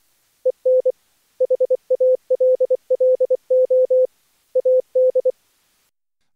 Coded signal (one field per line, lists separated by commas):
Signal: Morse code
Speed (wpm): 24 wpm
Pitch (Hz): 510 Hz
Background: none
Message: EN HALLO AD